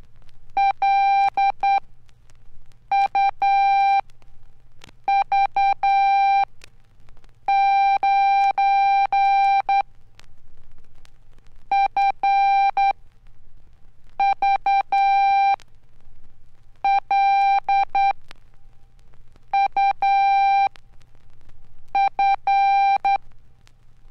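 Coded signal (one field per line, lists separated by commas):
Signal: Morse code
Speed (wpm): 10 wpm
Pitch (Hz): 790 Hz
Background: none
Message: L U V 9 F V L U F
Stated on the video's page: Morse code training lessons from a 1969 Archer/Tandy Radio Shack instructional record.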